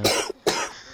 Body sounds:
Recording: coughing mixed with background sound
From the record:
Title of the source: 55 gaggy wet cough

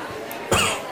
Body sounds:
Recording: coughing mixed with background sound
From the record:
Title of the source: Mid-morning Winter Coughing Fit

